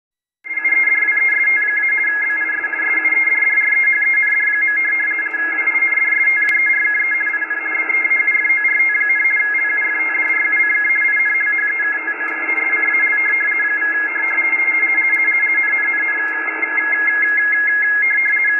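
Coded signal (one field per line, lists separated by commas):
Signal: RTTY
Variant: DDH8 weather broadcast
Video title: Rtty DDH8 11 037 10 Usb on Icom 7300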